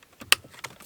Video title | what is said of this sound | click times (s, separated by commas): How To Replace A Interior Door Handle On A Subaru | Make sure we hear that click, give it a tug, make sure it isn't going to pop out. | 0.3 s